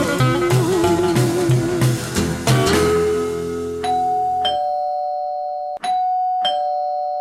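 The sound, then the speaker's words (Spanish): Music plays and then cuts away as a doorbell chimes at a gathering as another friend arrives, its clear, ringing tones sounding three times and lingering between strikes. “Sonó el timbre y a la reunión se plegó otro amigo,”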